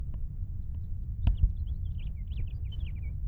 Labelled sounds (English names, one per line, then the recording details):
House Finch song
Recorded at Oak Beach on Long Island, New York, on 21 May 1975
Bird B